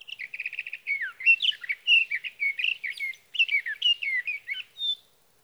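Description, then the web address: Sage thrasher singing a fast trill of repeated notes followed by a long, varied warbling stream ending on a clear high note. "birdsongforthecurious Sage Thrasher"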